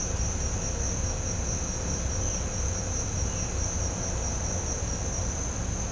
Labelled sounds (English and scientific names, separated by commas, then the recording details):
none
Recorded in pastures near Puerto Asís, Putumayo, Colombia, on 18 December 2024 at 07:00
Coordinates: 0.502, -76.324
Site G077